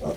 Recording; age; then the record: pig call; piglet (1 to 25 days)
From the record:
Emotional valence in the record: positive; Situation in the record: after nursing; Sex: male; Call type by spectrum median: low-frequency call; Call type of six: low-frequency stable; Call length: 0.17 s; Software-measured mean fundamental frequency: 53 Hz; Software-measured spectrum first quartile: 241 Hz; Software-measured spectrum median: 466 Hz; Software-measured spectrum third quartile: 664 Hz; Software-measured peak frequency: 585 Hz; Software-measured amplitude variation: 108 dB a second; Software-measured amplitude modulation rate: 20.5 a second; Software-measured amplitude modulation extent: 5.3 dB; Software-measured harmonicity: 2.5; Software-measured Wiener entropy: -0.51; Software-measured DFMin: 1308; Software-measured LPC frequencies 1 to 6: 559, 2192, 3138, 3733, 4425, 5661 Hz